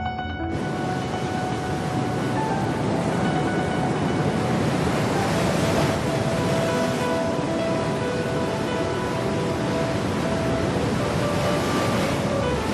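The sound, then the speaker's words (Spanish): Steady roar of sea waves breaking on a shore at Cádiz, a continuous wash of surf that swells slightly now and then, with a faint humming tone running underneath and no voices. “acudía a la congénita retribución del mar de Cádiz en busca de algún rastro de esa experiencia portentosa vivida hace ya siglos”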